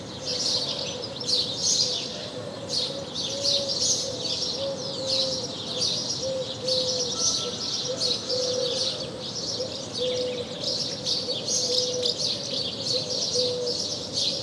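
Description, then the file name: House sparrow chirps repeated almost continuously throughout, busy and sharp, with a low steady tone running beneath much of the recording. "Passer domesticus"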